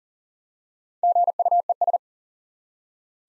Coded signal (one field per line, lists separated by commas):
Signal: Morse code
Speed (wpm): 42 wpm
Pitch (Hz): 700 Hz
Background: none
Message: GUES